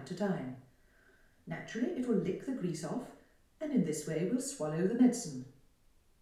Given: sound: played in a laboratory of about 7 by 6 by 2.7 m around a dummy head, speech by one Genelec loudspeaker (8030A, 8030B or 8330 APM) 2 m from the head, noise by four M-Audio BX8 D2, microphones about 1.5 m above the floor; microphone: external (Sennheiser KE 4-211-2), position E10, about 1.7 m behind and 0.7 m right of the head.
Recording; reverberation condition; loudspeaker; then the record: female speech in English; medium; 90 degrees to the right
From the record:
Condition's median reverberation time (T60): about 510 ms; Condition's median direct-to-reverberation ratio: about -0.5 dB